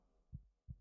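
Two soft, low thumps about 0.35 seconds apart: a heartbeat heard close up that has grown calm and steady, with a melting, seeping quality.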